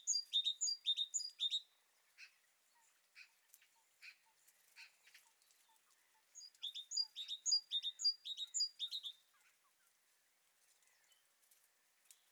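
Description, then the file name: Great tit uttering quick runs of bright chipping phrases, separated by a stretch of quieter scattered ticks and faint high notes. "Parus major"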